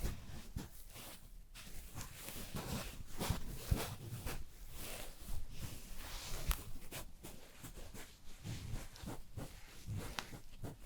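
Haircut and shaving sounds: a dense, steady run of soft scraping and rustling with frequent quick strokes and snips through the whole stretch. Brief sharper clicks stand out around three, four and six and a half seconds, over a low rumbling undertone.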